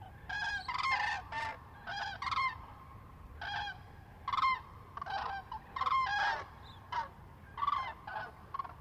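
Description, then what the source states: Common cranes trumpeting in flight, loud rolling bugles repeated in quick succession, many bursts from several overlapping birds. Several birds, close fly-by, Lac du Der, France, 10 January 2021.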